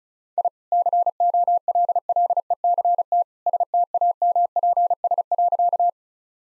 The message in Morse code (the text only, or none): I COLLECT STAMPS.